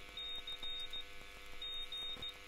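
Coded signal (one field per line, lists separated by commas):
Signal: Morse code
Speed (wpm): 16 wpm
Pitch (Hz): 3700 Hz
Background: none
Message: CG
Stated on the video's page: Sent on a home-built Pixie V3 40 m fixed-frequency 1 W CW transceiver kit.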